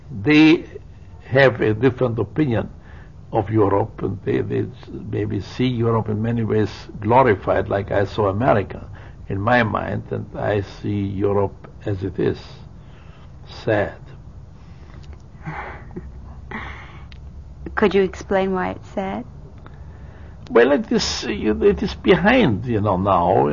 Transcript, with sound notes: they have a different opinion of Europe and they will see Europe in many ways glorified like I saw America in my mind, and I see Europe as it is, sad. (she laughs)
Could you explain why it is sad?
Well, it is behind, you know, now.